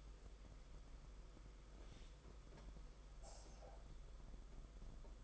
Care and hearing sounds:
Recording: daily activity, microphone in the room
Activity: make coffee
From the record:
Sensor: 5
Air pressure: 991.8 hPa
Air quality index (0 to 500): 166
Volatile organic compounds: 396 ppm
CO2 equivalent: 4665 ppm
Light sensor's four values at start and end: 33/109/41/43 and 33/109/41/43

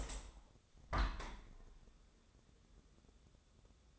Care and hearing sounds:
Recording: daily activity, microphone in the room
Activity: open window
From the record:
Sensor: 3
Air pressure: 1014.9 hPa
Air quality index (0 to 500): 54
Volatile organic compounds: 1 ppm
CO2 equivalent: 699 ppm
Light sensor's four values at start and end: 9/22/9/9 and 10/22/9/9

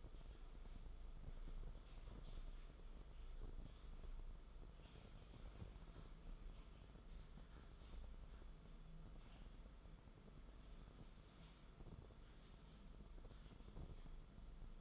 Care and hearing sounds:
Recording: daily activity, microphone in the room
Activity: typing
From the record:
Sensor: 5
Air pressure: 994.5 hPa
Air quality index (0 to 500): 171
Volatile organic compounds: 622 ppm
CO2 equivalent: 4963 ppm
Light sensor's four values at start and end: 10/26/10/11 and 9/24/9/10

